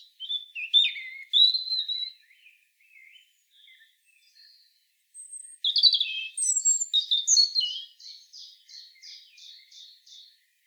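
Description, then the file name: European robin song: a brief high warbled phrase, a quiet gap, then a longer tinkling phrase that ends in a run of repeated, evenly spaced notes; no other sounds. "Erithacus rubecula"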